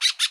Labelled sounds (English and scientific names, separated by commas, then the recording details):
Brown-throated Parakeet (Eupsittula pertinax) contact call
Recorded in Bonaire
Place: 1 km N of power plant, rd to Republiek
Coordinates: 12.184, -68.285